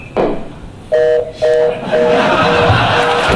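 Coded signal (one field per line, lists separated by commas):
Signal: telephone call progress tone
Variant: North America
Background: speech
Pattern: reorder tone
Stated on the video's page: Phone phreaking blue-box tones demonstrated live, covering in-band signalling systems such as R1, R2 and C5.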